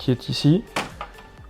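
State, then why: Seated. Someone talks as a washing machine's electronic control board is pushed gently back into its plastic holder in the control panel housing. A short snap of the retaining clip is heard at 1.0 s, and the board is seated.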